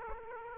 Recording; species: mosquito wingbeat signal from an infrared sensor; Aedes aegypti